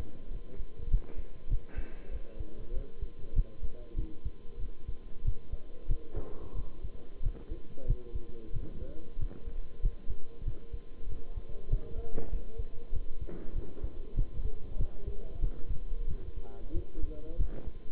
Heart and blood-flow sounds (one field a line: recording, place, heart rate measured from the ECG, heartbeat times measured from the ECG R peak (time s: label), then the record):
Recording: heart sounds by stethoscope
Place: between the tricuspid and mitral areas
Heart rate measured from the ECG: 95 bpm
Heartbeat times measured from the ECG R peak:
0.31 s: heartbeat
0.90 s: heartbeat
1.49 s: heartbeat
2.11 s: heartbeat
2.73 s: heartbeat
3.35 s: heartbeat
3.96 s: heartbeat
4.59 s: heartbeat
5.24 s: heartbeat
5.88 s: heartbeat
6.55 s: heartbeat
7.22 s: heartbeat
7.87 s: heartbeat
8.52 s: heartbeat
9.18 s: heartbeat
9.81 s: heartbeat
10.45 s: heartbeat
11.08 s: heartbeat
11.69 s: heartbeat
12.30 s: heartbeat
12.92 s: heartbeat
13.54 s: heartbeat
14.16 s: heartbeat
14.78 s: heartbeat
15.41 s: heartbeat
16.07 s: heartbeat
16.73 s: heartbeat
17.38 s: heartbeat
From the record:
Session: bicycle stress test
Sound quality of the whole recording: good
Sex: male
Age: 23 years